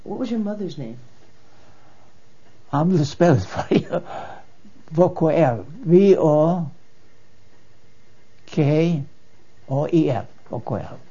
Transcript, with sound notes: What was your mother's name?
I'm gonna spell it for you. (laughs) Vokoel, V-O-K-O-E-L, Vokoel.